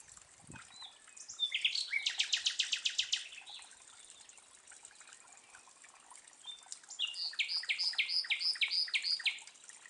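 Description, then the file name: Common nightingale singing: a fast, loud buzzing trill, a quiet pause, then a run of rapid ringing, repeated notes. "Luscinia megarhynchos"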